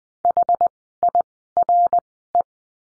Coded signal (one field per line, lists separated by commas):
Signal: Morse code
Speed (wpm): 20 wpm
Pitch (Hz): 700 Hz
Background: none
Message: HIRE